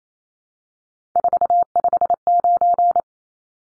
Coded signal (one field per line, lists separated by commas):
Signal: Morse code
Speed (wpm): 28 wpm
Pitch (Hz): 700 Hz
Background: none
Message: 459